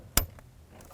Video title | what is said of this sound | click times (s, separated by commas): How To Replace Combination Switch 1992-99 GMC K1500 | Just kind of bring it right up along and then through the groove and listen for a click. There it is. | 0.2 s